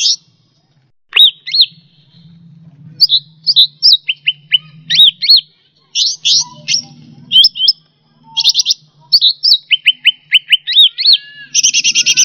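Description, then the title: Bird song: varied high chirps, quick slurred whistles and short buzzy trills in fast bursts, with a low hum underneath. "SuaraBurung Kicau"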